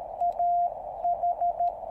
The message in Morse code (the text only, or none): AH